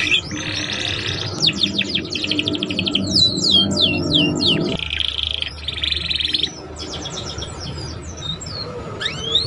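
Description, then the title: Belgian canary song with quick descending chirps, buzzy rolls and brief trills, several phrases run together. Canary song to warm up young canaries and stimulate them to start singing quickly and chatter. "Canto Para Esquentar Canário Belga. SUARA KENARI PAUD CUIT CUIT BELAJAR BUNYI - pancingan kenari paud muda agar cepat bunyi dan ngeriwik"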